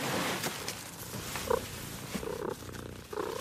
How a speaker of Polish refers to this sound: O, zaczął mruczeć. Słychać? Słychać. Koty z recyklingu mamy, ewentualnie jakieś skipowane, znalezione. No też przybłędy, bezpańskie.